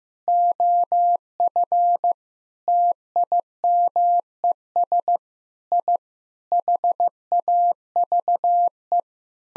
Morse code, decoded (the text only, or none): OF TIMES I HAVE